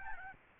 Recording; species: mosquito wingbeat signal from an infrared sensor; Aedes albopictus